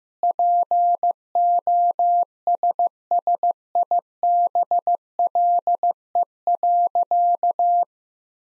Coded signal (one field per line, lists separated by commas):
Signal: Morse code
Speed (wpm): 15 wpm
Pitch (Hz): 700 Hz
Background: none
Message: POSSIBLE.